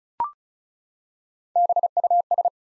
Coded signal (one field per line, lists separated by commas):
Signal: Morse code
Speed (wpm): 36 wpm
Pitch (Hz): 700 Hz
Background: none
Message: BUS